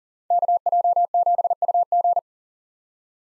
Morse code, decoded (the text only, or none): KJ7UG